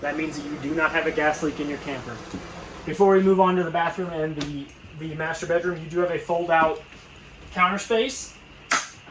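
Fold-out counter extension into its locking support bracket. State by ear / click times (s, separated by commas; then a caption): seated / 8.7 s. In the kitchen of a 2024 Forest River Salem Hemisphere Hyper-Lyte 24RDHL RV, someone talks and then raises the fold-out counter extension. Its support bracket locks up with a sharp metallic snap at 8.7 seconds, and the counter locks into place.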